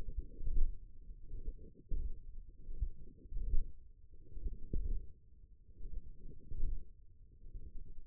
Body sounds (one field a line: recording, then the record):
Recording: forearm muscle sounds (acoustic myography)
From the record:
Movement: hand opening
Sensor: system 1, eight BSWA MPA416 microphones around the upper forearm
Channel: 7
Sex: female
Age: 21 years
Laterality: right